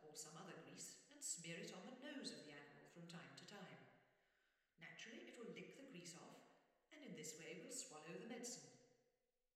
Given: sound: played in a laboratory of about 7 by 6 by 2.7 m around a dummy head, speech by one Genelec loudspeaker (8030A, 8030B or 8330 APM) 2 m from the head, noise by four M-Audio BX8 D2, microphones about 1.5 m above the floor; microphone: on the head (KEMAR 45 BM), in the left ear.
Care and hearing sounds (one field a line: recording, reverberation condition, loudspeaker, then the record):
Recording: female speech in English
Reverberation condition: high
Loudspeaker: 30 degrees to the left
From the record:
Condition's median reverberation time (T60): about 1300 ms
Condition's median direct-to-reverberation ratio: about -4.0 dB